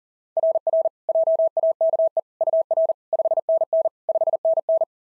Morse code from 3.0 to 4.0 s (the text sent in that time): 5NN